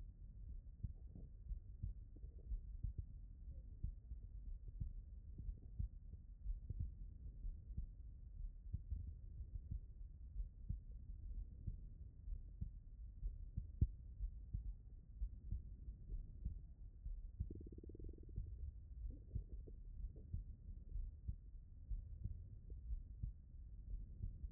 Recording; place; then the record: heart sounds by stethoscope; tricuspid valve (TV)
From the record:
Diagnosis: non-HFrEF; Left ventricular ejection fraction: 61%